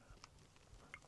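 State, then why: Not seated. A microSD card is pushed into the card slot of a Rove R2-4K dash cam being installed in a Ford F-350. Only faint, brief ticks and soft handling thumps are heard, with the sharpest ticks near 0.2 and 0.9 seconds. The card has not clicked or latched and does not stay in.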